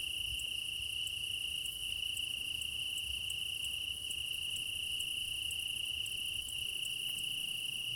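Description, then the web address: Cricket chorus: an unbroken high trill joined by higher regular pulses, steady and dense for the whole stretch. Meadow at night in Crimea in summer; crickets; quad ambience recording with ORTF microphone pair, front pair offset by 3 m. "Quad ambience of Crimea in summer 20 meadow night ambience, crickets, ortf offset by 3 m, front - ORTF. Alexander Kopeikin"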